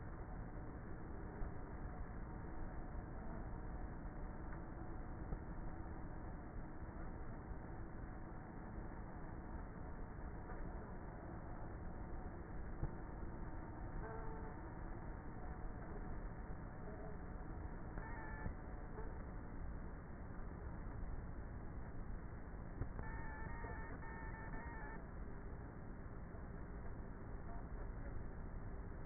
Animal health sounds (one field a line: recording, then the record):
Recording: honeybee colony, microphone inside the hive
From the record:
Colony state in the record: queenless with a low population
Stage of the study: before two queens were removed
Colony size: about 30,000 bees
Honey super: no